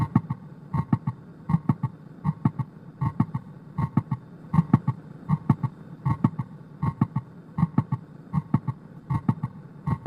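Midsystolic click from a heart sound simulator: regular heart sounds at about 79 beats per minute, with a sharp extra click in mid-systole between the first and second sounds.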